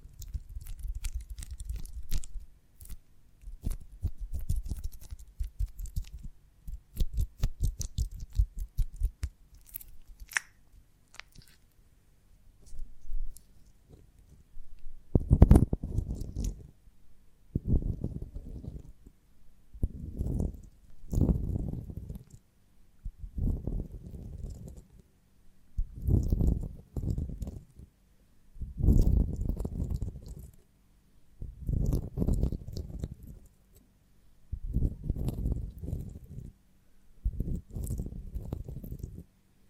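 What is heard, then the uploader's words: ASMR handling of a honeycomb on a branch. The first fifteen seconds bring soft, dense crackling and faint ticking, then a series of low, muffled squishing or crunching bursts, each about a second long, repeating every two to three seconds until the end. ASMR of a Honeycomb on Branch (No Talking).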